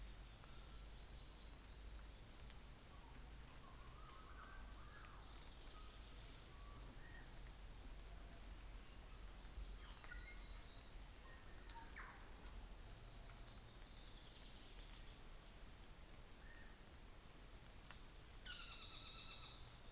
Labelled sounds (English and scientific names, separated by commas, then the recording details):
North Island Saddleback (Philesturnus rufusater)
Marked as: faintness 2/5
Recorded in New Zealand on 24 December 2018
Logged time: 10:15